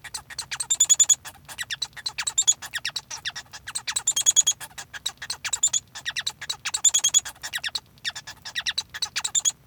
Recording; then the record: song of a male Bengalese finch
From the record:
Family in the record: son of father 1